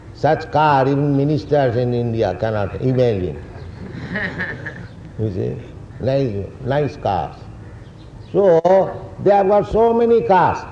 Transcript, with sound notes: Such car even ministers in India cannot imagine. [laughter] You see? Nice, nice cars. So they have got so many cars.